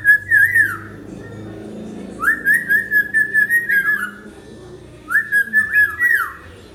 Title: Suara Burung Beo Gacor Cocok Untuk Masteran